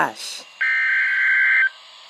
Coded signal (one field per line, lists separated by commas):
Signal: Emergency Alert System (SAME) tones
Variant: header bursts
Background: speech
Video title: Rare!!! Quintuple header! (EAS #76-80)-NOAA